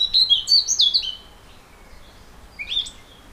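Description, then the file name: Eurasian blackcap giving a quick burst of high, sharp descending chirps, then a pause and one more short chirp. "Sylvia atricapilla"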